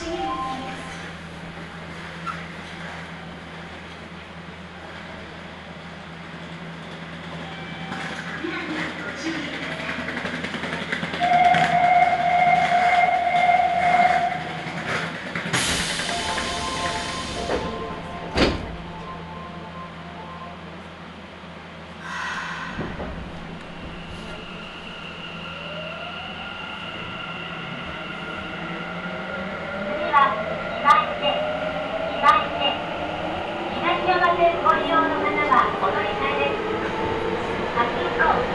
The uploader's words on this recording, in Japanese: 名古屋市営地下鉄桜通線 太閤通→徳重。桜通線の太閤通から徳重までの全区間を乗った時のものです。